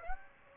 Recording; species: mosquito wingbeat signal from an infrared sensor; Aedes aegypti